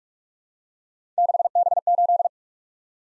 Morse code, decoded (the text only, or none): 6B8